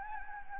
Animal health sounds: mosquito wingbeat signal from an infrared sensor; Anopheles gambiae

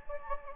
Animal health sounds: mosquito wingbeat signal from an infrared sensor; Anopheles gambiae

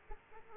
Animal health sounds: mosquito wingbeat signal from an infrared sensor; Aedes aegypti

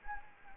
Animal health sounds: mosquito wingbeat signal from an infrared sensor; Anopheles gambiae

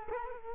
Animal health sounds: mosquito wingbeat signal from an infrared sensor; Culex quinquefasciatus

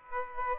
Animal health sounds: mosquito wingbeat signal from an infrared sensor; Aedes aegypti

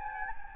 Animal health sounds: mosquito wingbeat signal from an infrared sensor; Anopheles gambiae

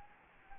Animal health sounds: mosquito wingbeat signal from an infrared sensor; Anopheles gambiae

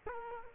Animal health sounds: mosquito wingbeat signal from an infrared sensor; Culex quinquefasciatus

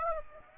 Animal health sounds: mosquito wingbeat signal from an infrared sensor; Aedes aegypti

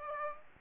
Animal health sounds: mosquito wingbeat signal from an infrared sensor; Aedes aegypti

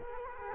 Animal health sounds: mosquito wingbeat signal from an infrared sensor; Culex quinquefasciatus

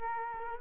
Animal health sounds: mosquito wingbeat signal from an infrared sensor; Culex quinquefasciatus

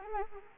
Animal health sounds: mosquito wingbeat signal from an infrared sensor; Anopheles arabiensis

